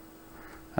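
An etched brass part is pressed into a model locomotive tender body, with a low steady background hiss and hum before it. A sharp, short click at 0.8 s marks the part seating into position, a slightly tight fit but fully in place.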